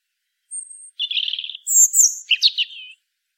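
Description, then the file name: European robin song: one thin high whistle, then a rapid buzzy trill and a run of sharp, varied liquid notes, all over about two and a half seconds. "Erithacus rubecula"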